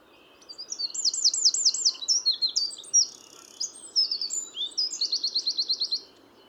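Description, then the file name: Eurasian wren song of about six seconds: rapid descending slurred notes, a buzzy middle section, then a quick even trill of repeated high notes. "Troglodytes troglodytes"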